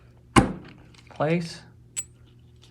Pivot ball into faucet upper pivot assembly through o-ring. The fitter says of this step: it popped through that o ring and then